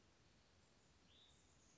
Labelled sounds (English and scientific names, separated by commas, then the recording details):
Hutton's Vireo (Vireo huttoni)
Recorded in Sonoma County, California